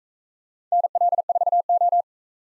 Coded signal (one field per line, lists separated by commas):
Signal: Morse code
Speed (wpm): 42 wpm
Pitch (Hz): 700 Hz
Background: none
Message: NL4O